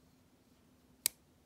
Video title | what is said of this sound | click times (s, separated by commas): Unboxing of the Chris Reeve Knives Small Inkosi Micarta Inlay w/ Insingo Blade - first look review | hear that close again nice | 1.1 s